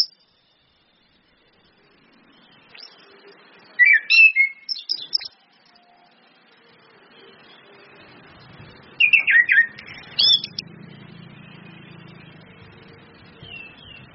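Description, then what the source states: Orange-headed thrush, two separated phrases of scratchy, high whistled notes over a faint low hum. Indonesian bird-training lure recording (pancingan, masteran) of ngeplong-style song plus female whistles (suitan betina), meant to make birds sing actively (gacor).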